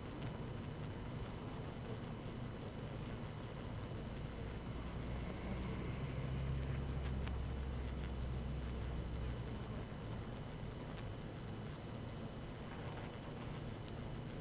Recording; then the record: honeybee colony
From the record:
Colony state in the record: active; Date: 12 June 2018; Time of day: 17:57